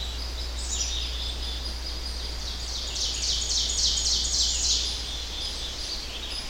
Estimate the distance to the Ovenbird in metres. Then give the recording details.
about 40 m. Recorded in boreal forest in Alberta, Canada, on 10 June 2016 at 08:15. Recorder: SongMeter 3, array SBT-3-39. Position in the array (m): 234 m, 147 m. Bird 17